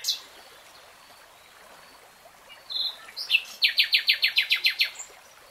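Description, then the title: Nightingale song: a brief whistle and short notes, then a rapid, evenly paced run of about ten sharp repeated notes, with quiet hiss around. Singing, recorded in real time; a three-hour recording. "[Tiếng chim hót] REALTIME Nightingale Singing"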